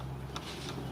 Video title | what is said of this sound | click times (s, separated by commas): FRONT AIRBAG CRASH SENSOR LOCATION REPLACEMENT LINCOLN MKX | push down and hear the click and pull it out okay | 0.4 s